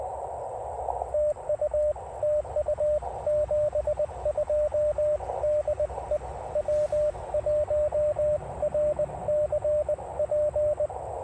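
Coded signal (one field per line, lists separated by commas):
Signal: Morse code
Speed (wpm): 20 wpm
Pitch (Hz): 600 Hz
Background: radio noise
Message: TU TU 72 DE W1RCP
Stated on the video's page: CW Parks on the Air QRP activation using a 17-foot RandoWire portable antenna, with rapid contacts.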